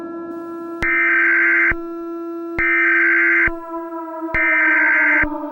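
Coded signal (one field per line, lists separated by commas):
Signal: Emergency Alert System (SAME) tones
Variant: header bursts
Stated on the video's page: Fictional EAS scenario set in Charleston.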